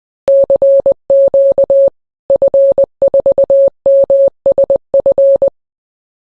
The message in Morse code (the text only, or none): CQ F4MSF